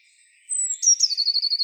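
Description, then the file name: Eurasian blue tit, a high falling whistle then the start of a rapid trill, brief and high-pitched. "Cyanistes caeruleus"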